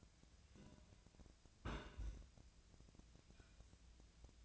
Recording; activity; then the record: daily activity, microphone in the room; place on stove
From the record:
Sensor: 2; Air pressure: 1009.8 hPa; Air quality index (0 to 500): 180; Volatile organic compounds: 10 ppm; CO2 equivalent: 2248 ppm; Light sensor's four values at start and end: 32/79/34/38 and 32/79/34/38